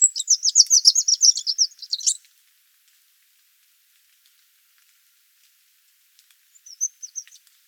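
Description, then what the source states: Eurasian wren song, a fast high trill of rapid notes lasting about two seconds, then silence, then a brief faint burst of high notes near the end. Nominate subspecies troglodytes.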